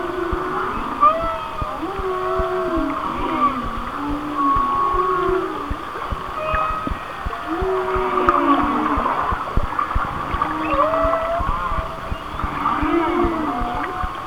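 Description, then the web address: Whale song with repeated wavering moans that rise and fall, higher whistles layered above, and a continuous run of clicks underneath. "Natures Songs Whale Songs Whale Songs- Mike Mc Donald"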